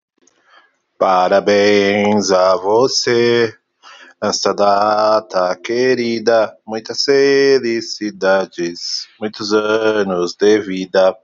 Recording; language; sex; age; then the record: short text; Brazilian Portuguese; male; 40 to 49 years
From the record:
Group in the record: control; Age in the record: 40 years